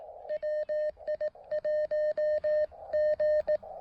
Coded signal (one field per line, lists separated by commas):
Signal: Morse code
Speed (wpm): 18 wpm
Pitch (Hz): 590 Hz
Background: none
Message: WI1G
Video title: POTA RaDAR Run Final Activation: Deploying PackTenna EFHW with throw line and MTR-3B QRP fun!